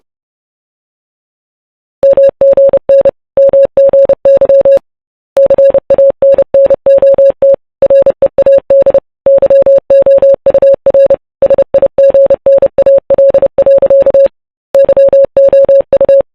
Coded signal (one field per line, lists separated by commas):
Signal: Morse code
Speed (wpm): 31 wpm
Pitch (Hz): 550 Hz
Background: music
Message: MGN MGY CANNOT READ YOUR SIGNAL. YOU